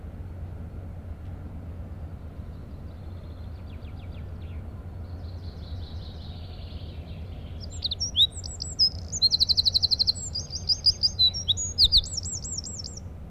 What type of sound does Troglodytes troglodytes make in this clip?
song